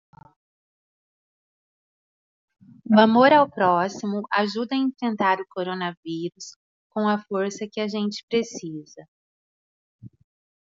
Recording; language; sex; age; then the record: spoken sentence; Brazilian Portuguese; female; 30 to 39 years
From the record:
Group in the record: control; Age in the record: 38 years